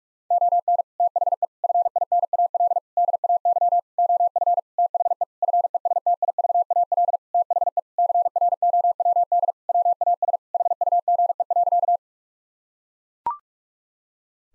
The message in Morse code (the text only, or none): ON THE FINAL DAY OF THE FESTIVAL THE CROWD WAS HUGE.